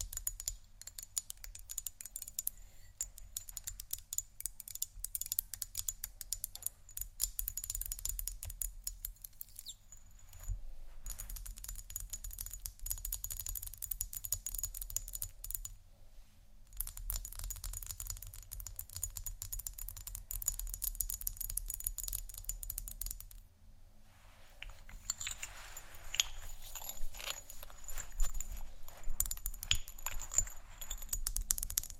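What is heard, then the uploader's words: Dense, rapid scratching and tapping runs almost nonstop, with crisp, bright clicks and rasps layered over a steady low hum. The texture pauses briefly around ten, sixteen and twenty-four seconds, and after the last gap it turns harsher and grittier. ASMR Scratch & Tap For Your Nap（No Talking）.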